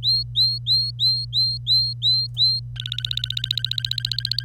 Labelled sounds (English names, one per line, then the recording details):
Domestic Canary song
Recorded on 25 April 2018 at 08:30
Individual llb3